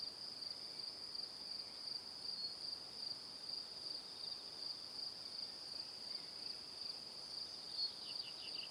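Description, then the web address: Cricket chirping, a persistent high-pitched pulsing trill, and a few faint falling notes toward the end. Crickets chirping in the evening. "calm calmplus sounds Calm - Evening Crickets"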